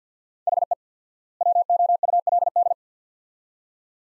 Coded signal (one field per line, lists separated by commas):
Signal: Morse code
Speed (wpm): 50 wpm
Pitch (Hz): 700 Hz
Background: none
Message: HE WOULD